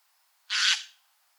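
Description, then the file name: Eurasian jay with one loud, grating rasp, noisy and wide in tone, fading off quickly in a quiet setting. "Garrulus glandarius"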